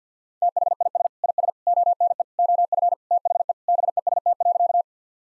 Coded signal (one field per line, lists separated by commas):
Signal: Morse code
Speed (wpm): 50 wpm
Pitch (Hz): 700 Hz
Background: none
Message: THIS IS ONE OF THE BEST.